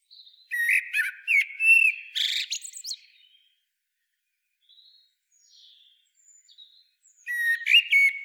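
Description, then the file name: Common blackbird song, a rich whistled warble with shrill twittered endings, then a long pause with faint notes before another phrase begins. "Turdus merula"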